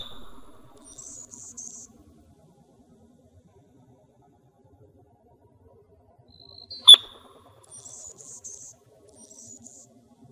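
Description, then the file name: Anna's hummingbird dive sound: one loud, sharp, explosive chirp about two-thirds of the way through, with thin, scratchy, buzzy high phrases before and after it. Dive sound, Arizona, 29 November 2008. "ANHU DIVE 112908. deviche"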